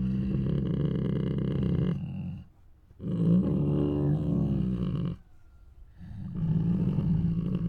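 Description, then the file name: Tiger giving deep, rough snoring rumbles in three bouts of up to about two seconds each, separated by short quiet gaps. Two tigers making many moans, roars and snores. "Two Tigers Make Many Moans, Roars and Snores [Sound Ideas]"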